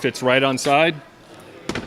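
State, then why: Seated. A Craftsman VersaStack jobsite radio and charger unit is set onto the top of a stackable plastic tool storage box while someone talks. Two sharp clicks at 1.7 and 1.8 seconds are its detents latching, and the radio is locked in place on the box.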